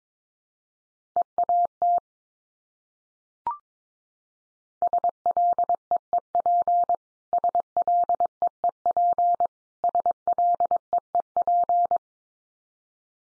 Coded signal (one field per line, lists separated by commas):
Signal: Morse code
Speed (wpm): 22 wpm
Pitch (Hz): 700 Hz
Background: none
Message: EAT SLEEP SLEEP SLEEP